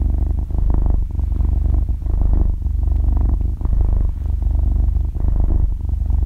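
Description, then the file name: Cat purr: continuous deep vibrating hum, briefly softening between breaths. Cat breathing with a purring sound, described in Vietnamese as 'thở kêu rù rù'. "tieng meo tho keu ru ru"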